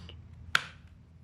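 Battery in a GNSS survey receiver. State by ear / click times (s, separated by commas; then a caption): released / 0.6 s. The battery lock on a Leica GS-14 GNSS survey receiver is released to open it again. One sharp click at 0.6 s marks the battery latch opening, with only faint ticks before and after. The battery is released from the receiver.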